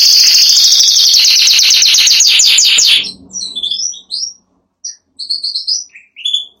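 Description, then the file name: Canary song: a long, fast, loud trill of repeated notes for three seconds, then softer scattered short phrases. Song (canto). "canto do canario giboso espanhol"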